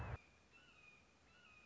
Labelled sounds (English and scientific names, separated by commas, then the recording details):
Red-shouldered Hawk (Buteo lineatus)
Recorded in Sonoma County, California